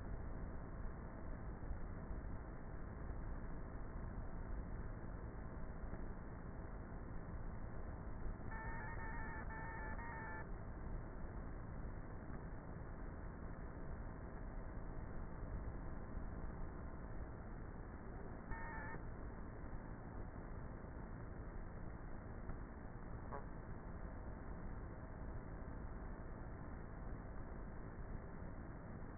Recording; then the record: honeybee colony, microphone inside the hive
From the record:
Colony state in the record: queenless with a low population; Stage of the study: before two queens were removed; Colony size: about 30,000 bees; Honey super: no